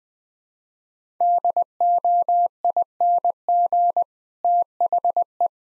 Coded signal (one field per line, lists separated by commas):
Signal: Morse code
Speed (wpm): 21 wpm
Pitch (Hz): 700 Hz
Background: none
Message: DOING THE